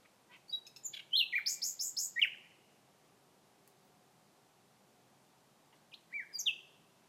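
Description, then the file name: Common nightingale song in two phrases: rapid chirps and a quick run of repeated notes sliding downward, a long silence of about three and a half seconds, then a brief burst of sweeping notes. "Nachtigall Gesang"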